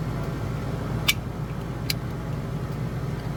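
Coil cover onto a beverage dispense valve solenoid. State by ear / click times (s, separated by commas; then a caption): seated / 1.1 s, 1.9 s. A plastic coil cover is pushed back onto the solenoid of a UF1 beverage dispense valve during a paddle replacement repair. Sharp clicks are heard at 1.1 s and 1.9 s over a steady low rumble. The cover snaps into place.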